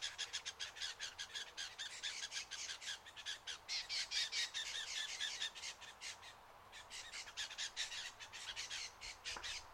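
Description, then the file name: Lewin's honeyeater distressed calling, a fast stream of harsh rasping squawks, briefly pausing before resuming with steady scratchy notes. "BIRD LEWINS HONEY EATER DISTRESSED CALL"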